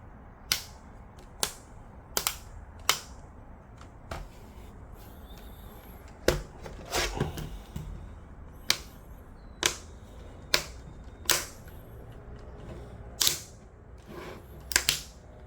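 While reassembling a Samsung NT300V5A laptop after replacing its cracked LCD, the plastic bezel around the frame is pressed so its plastic clips snap into the laptop case frame. Sharp clicks ring out at 0.5, 2.9, 8.7, 10.5, 11.3 and 14.8 seconds over faint handling noise, with softer taps in between. Each snap means that clip is seated and the bezel is fastened.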